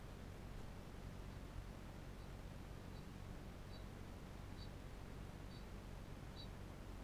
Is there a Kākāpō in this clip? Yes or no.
yes